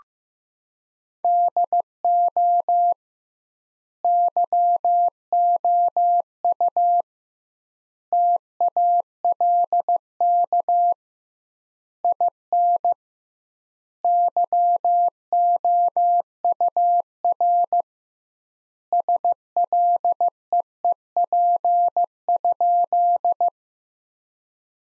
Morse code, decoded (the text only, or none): DO YOU TALK IN YOUR SLEEP?